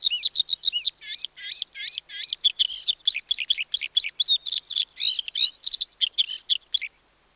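Bluethroat song, a fast, varied stream of high twittering and whistled phrases with ringing notes, running almost without pause for about seven seconds.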